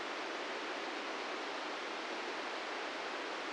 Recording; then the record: brain microelectrode recording played as sound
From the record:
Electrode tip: inside the subthalamic nucleus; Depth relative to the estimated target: -3 mm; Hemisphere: left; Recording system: NeuroSet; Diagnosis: Parkinson's disease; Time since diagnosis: 13 years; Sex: male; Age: 66 years